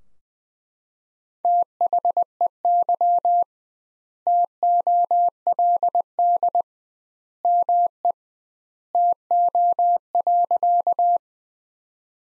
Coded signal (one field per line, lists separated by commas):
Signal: Morse code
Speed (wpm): 20 wpm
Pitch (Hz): 700 Hz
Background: none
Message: THEY TOLD ME TO.